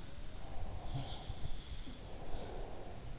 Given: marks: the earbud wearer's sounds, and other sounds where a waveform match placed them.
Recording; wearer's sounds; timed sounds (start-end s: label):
sounds in sleep by an in-ear microphone; breath
0.34-3.11 s: breath
0.73-2.22 s: sound from someone else or the room